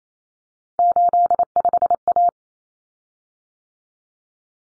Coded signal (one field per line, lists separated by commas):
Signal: Morse code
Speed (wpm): 28 wpm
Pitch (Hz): 700 Hz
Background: none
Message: 85A